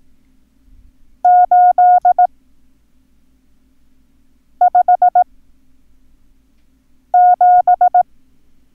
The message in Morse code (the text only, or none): 857